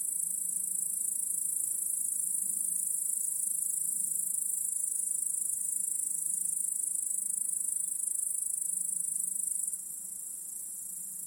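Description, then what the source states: Crickets trilling continuously in a dense high chorus that drops suddenly quieter near the end. Chorus of crickets in a home backyard at night.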